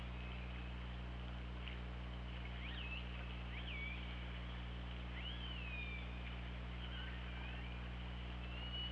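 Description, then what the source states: Orca calls: several short rising and falling tonal sweeps spread throughout, one longer arched call midway, over a steady low underwater hum. Underwater recording from an OrcaLab hydrophone, 24 August 2017, about 08:00.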